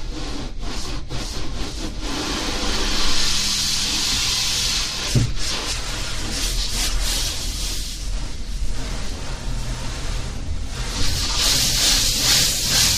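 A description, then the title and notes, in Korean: Heard from inside a car going through an automatic car wash: a dense, steady hiss of spray and scrubbing brushes washes over the body, with a low rumble of machinery underneath. Brief dips and rubbing swishes break in around one, two, five and ten seconds. 자동차 자동세차 안에 들어갔을 때. 지잉지잉 기계음.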